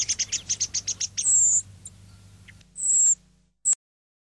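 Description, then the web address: Thrush song: a run of quick high notes, then long thin high whistles separated by pauses, the last one short. Song phrases ('moduli'). "Moduli Tordo"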